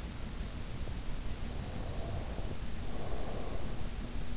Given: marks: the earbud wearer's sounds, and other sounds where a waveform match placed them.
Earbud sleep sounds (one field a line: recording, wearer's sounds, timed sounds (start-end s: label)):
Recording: sounds in sleep by an in-ear microphone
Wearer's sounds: breath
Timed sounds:
1.59-3.85 s: breath